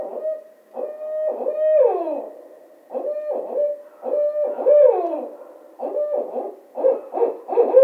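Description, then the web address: Barred owl hooting, a series of rhythmic low hoots with some downslurred, wavering notes, several phrases over eight seconds. Recorded 15 April 2010. "Barred Owl 2010 04 15"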